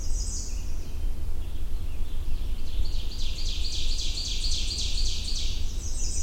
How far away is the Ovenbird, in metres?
about 30 m